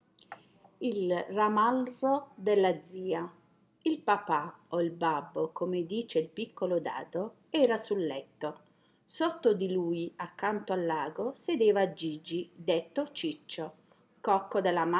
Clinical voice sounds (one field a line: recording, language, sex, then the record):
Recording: read passage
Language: Italian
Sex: female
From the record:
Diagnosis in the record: healthy control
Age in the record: 60 years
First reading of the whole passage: 59 s, 7.9 characters per second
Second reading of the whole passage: 55 s, 8.5 characters per second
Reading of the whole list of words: 44 s, 6.4 characters per second